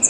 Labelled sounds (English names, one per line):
Bay-breasted Warbler flight call